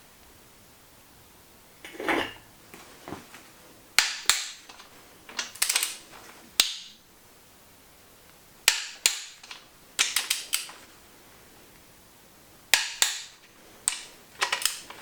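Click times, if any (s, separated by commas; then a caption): 4.0 s, 6.6 s, 8.7 s, 12.7 s. A click-type torque wrench set to 110 Nm tightens the bottom-end bolts on the engine block of a 600hp+ rear-wheel-drive Saab 9-5 Aero build, with ratcheting and handling sounds between pulls. The wrench breaks over with sharp, loud clicks at 4.0, 6.6, 8.7 and 12.7 seconds, one per bolt. Each bolt reaches its 110 Nm torque setting.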